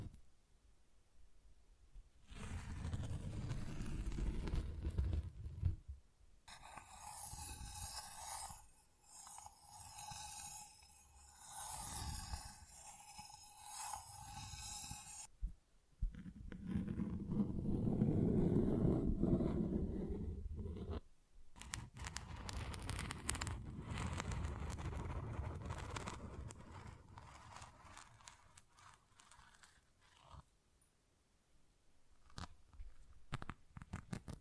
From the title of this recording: Tingly Textures Tapping and Scratching